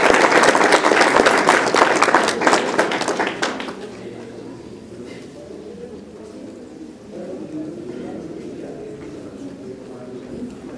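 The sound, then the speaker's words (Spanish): An audience at a panel in Bolivia bursts into loud, dense applause for Manuel Chaparro's participation for about four seconds, then the clapping stops abruptly, leaving a low murmur of voices and faint background noise. “Agradecemos entonces con un fuerte aplauso a Manuel Chaparro por su participación.”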